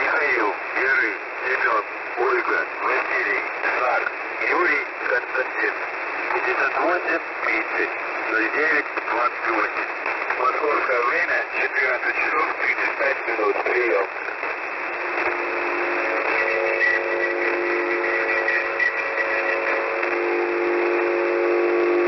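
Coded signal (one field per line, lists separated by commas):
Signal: coded military voice message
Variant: S30 The Pip, Russian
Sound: a male voice reading a message over shortwave, then hiss with faint steady tones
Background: radio static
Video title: S30 "The Pip" message (5448 kHz) on 25th May, 2020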